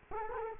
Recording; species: mosquito wingbeat signal from an infrared sensor; Culex quinquefasciatus